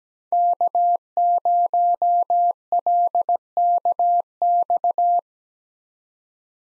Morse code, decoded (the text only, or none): K0LKX